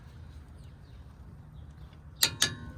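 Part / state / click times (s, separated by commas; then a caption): torque wrench on lower caliper bracket bolt of a steering knuckle / torque reached / 2.2 s, 2.4 s. A click-type torque wrench tightens the lower brake caliper bracket bolt on the steering knuckle of a Mini Cooper Countryman during a drilled/slotted brake install to 81 ft-lb (110 Nm). After a low, steady background rumble, two sharp metallic clicks ring out at 2.2 s and 2.4 s. The wrench has clicked and the bolt is torqued.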